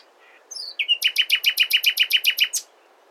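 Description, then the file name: Common nightingale song: a brief whistled lead-in, then a fast, even series of about a dozen identical loud notes. "Luscinia megarhynchos"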